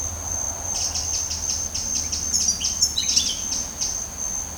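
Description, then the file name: Eurasian wren song: a fast series of high, scratchy notes in quick bursts over a steady, high-pitched insect whine. "Troglodytes troglodytes"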